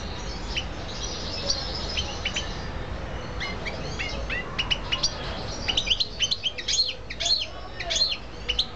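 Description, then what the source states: Canary chirps, scattered high tweets and brief upward sweeps that grow livelier toward the end, with low background hum. Female bird.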